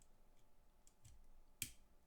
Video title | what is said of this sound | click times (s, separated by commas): LEGO Racers Tiny Turbos - Set 30033-1 - (2010) Racing Truck | I'm just going to put it to one side slightly and then push. A good click. Nice click. | 1.6 s